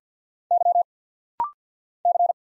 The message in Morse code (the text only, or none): Y C